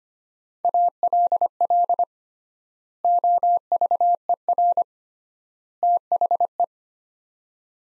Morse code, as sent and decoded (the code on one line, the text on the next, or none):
.- .-.. .-.. / --- ...- . .-. / - .... .
ALL OVER THE